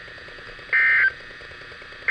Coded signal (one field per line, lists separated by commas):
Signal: Emergency Alert System (SAME) tones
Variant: end-of-message bursts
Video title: Noon Required Weekly Test on WXK85 | 7/21/21 | EAS 393